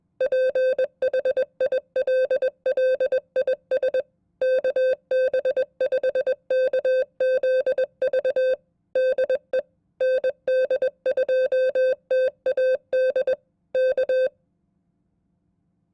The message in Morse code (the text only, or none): PHILLIS KB5KZV DE ND2TAD K